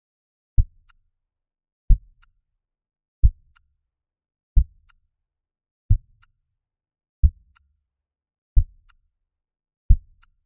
A click replaces S2, or the second heart sound, for a metallic aortic valve.